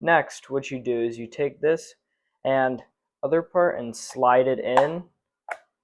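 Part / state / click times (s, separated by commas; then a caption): plastic spool adapter half into its mating half on a filament spool / seated / 5.5 s. A plastic spool adapter half is slid onto its mating half on a filament spool while someone talks. A single short, sharp tick is heard at 5.5 seconds as the adapter part clicks into place and is seated.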